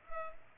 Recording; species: mosquito wingbeat signal from an infrared sensor; Culex pipiens